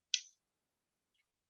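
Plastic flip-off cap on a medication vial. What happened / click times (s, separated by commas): The plastic cap snapped off / 0.1 s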